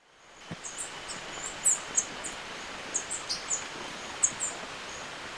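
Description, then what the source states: Golden-eyed flowerpiercer song: scattered very high, thin chirps and short twittering notes, irregularly spaced over a steady background hiss. Bird of Ecuador.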